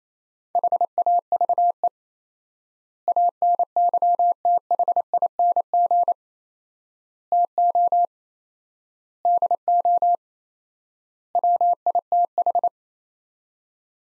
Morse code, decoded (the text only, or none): HAVE ANYTHING TO DO WITH